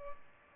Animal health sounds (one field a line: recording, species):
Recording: mosquito wingbeat signal from an infrared sensor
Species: Culex pipiens